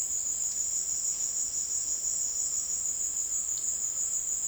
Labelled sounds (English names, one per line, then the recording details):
none
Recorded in secondary vegetation near Puerto Asís, Putumayo, Colombia, on 20 February 2024 at 17:00
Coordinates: 0.468, -76.324
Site G6381